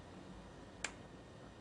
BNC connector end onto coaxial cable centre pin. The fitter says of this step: the pin and if you listen you'll hear it click to place